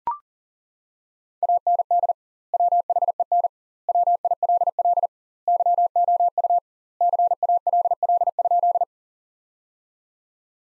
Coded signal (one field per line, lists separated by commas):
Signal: Morse code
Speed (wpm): 37 wpm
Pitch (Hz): 700 Hz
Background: none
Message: AND WHEN WILL YOU CALL?